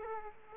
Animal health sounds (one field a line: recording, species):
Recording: mosquito wingbeat signal from an infrared sensor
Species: Aedes aegypti